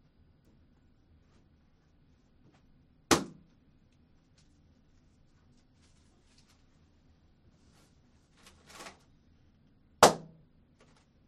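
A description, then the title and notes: Balloons are popped one at a time: two sharp, loud bangs, one near three seconds and another around ten, each cracking across the whole range and dying away within half a second. Between them the room stays quiet under a low hum, with a brief soft hiss just before the second pop. The blind spot radio program filled the on-air studio with as many balloons as Eric, Jake and I could blow up (which happened to be 1,190) and then entered the room and popped them one at a time with a needle taped to a stick.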